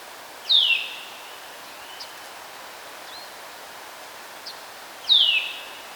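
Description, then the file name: Eurasian nuthatch giving two loud, descending whistled calls several seconds apart, with faint soft notes between them and a hissy background. "Sitta europaea"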